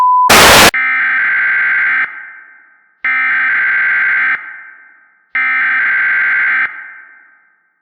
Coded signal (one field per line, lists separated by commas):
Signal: Emergency Alert System (SAME) tones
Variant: header bursts